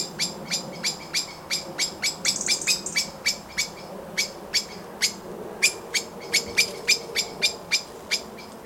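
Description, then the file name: Common blackbird calls: crisp clicks repeated a few times a second, with one brief high buzzy burst early on. "Turdus merula"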